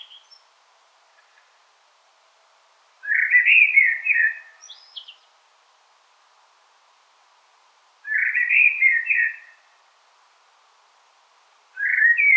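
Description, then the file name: Common blackbird singing mellow warbled phrases several seconds apart, each a burbling fluty run, the first tailing off in a high scratchy squeak. "Turdus merula"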